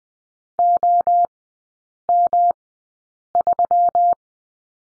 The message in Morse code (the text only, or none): OM3